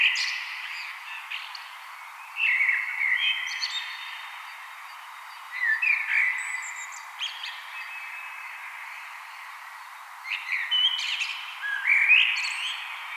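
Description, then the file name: Common blackbird giving several song phrases with pauses between them, each a rich low whistle that climbs into a thin, squeaky high flourish. "Turdus merula"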